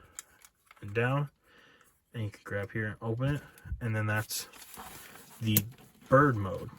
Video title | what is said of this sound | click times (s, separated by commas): Transformers Earthrise War for Cybertron Trilogy Sky Lynx Figure Review | until it snaps into place and then you can angle it up | 0.2 s